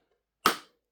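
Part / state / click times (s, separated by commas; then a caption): spring-loaded rear latch of a stacking toolbox engaging the box below / seated / 0.5 s. A Hilti PROKIT stacking toolbox is lowered onto the box below, and the spring-loaded plastic latch on its back snaps shut with one sharp, loud, bright click at 0.5 s that fades over about a fifth of a second. The latch locks into place and the box is seated.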